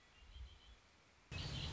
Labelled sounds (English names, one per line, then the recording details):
Red-winged Blackbird
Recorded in Sonoma County, California